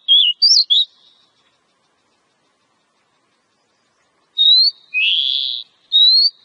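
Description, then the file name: Oriental magpie-robin song: bright, varied whistled phrases, a quick burst of notes, a pause, then rising whistles and a harsher buzzy note; no other sounds. Lure recording ('pikat') of Oriental magpie-robin song, locally called kacer. "suara kacer pikat"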